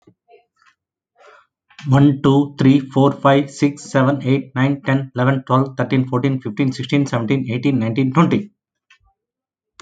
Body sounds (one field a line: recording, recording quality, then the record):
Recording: counting at a fast pace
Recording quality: excellent, no background noise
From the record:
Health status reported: healthy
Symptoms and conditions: diabetes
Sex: male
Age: 48 years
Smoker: not ticked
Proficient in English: yes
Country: India